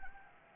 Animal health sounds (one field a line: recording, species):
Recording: mosquito wingbeat signal from an infrared sensor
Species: Anopheles gambiae